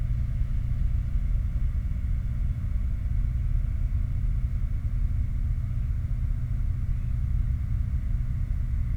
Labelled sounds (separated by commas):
machinery, flare stack